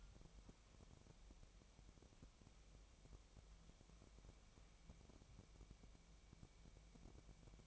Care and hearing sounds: daily activity, microphone in the room; wipe stove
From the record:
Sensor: 1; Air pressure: 1003.4 hPa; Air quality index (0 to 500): 201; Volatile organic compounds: 6 ppm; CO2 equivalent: 1920 ppm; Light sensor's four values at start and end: 10/23/10/11 and 10/23/10/11

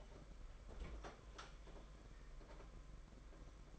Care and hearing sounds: daily activity, microphone in the room; open fridge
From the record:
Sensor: 5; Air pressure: 992.0 hPa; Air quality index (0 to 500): 201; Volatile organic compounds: 1000 ppm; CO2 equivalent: 5788 ppm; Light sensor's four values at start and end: 30/103/38/40 and 30/101/38/40

